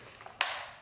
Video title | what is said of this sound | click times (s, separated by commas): Chain Saw Tips for Homeowners | You hear it snap. | 0.4 s